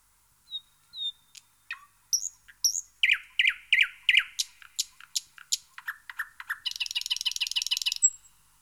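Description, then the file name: Thrush nightingale song building from soft whistles into loud repeated clacking notes, then a rapid dry buzzing rattle ending with a thin whistle. "Jean C Roche - Rossignol progne"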